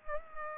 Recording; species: mosquito wingbeat signal from an infrared sensor; Culex pipiens